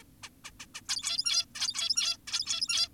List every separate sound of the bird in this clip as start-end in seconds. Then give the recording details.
0.02-0.04, 0.23-0.30, 0.44-0.51, 0.60-0.66, 0.75-0.81, 0.89-1.46, 1.55-2.18, 2.28-2.88. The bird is an adult. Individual g17y2U